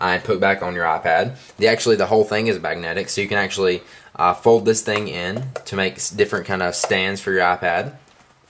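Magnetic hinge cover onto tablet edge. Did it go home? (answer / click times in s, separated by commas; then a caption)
no / none. A polyurethane magnetic Smart Cover for an iPad 2 is handled near the tablet's edge while someone talks throughout. The cover has not yet been put back on, and nothing has snapped or seated by the end of the clip.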